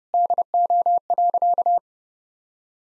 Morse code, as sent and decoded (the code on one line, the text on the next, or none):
-.. --- .-.-.-
DO.